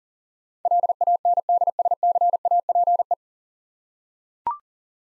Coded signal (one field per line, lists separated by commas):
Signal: Morse code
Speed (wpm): 37 wpm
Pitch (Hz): 700 Hz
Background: none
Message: LANDSCAPE